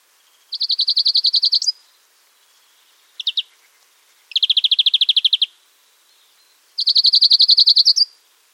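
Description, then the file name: European greenfinch giving rapid, dry chattering trills about a second long, three of them plus a brief burst, some ending in a slight upward flick; otherwise quiet. "Chloris chloris"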